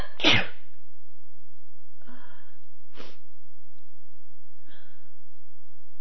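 Adult female. Violent sneezing.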